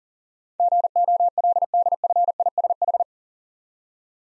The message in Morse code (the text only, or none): GOLDFISH